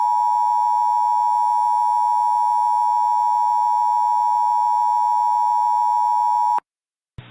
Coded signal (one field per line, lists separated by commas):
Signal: Emergency Alert System (SAME) tones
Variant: 853 and 960 Hz attention tone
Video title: Eas extreme wind warning 7/2/2021